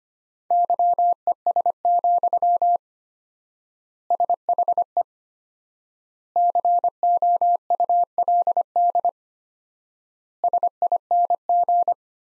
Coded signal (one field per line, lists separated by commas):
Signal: Morse code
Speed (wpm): 25 wpm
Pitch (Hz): 700 Hz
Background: none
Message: YES, SHE COULD SING